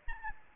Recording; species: mosquito wingbeat signal from an infrared sensor; Aedes albopictus